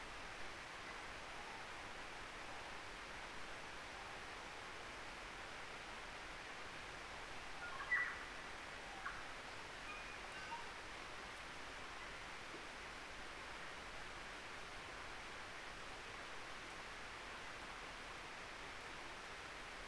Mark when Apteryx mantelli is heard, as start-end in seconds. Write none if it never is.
none